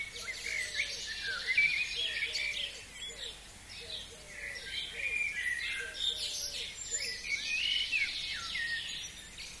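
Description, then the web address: Bird chorus of overlapping chirps, trills and whistles, while a lower bird repeats short hollow notes in small groups. Countryside. "Tom Hutchings Birds Country"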